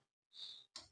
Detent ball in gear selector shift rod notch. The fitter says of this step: ഇപ്പൊ ടക്ക് എന്ന സൗണ്ട് കേൾക്കുന്നുണ്ട് മീൻസ് ഫസ്റ്റ് ഹോളിൽ വീണു സെക്കൻഡ് ഹോളിൽ വീണു തേർഡ് ഹോളിൽ വീണിട്ടുണ്ട് അതുപോലെ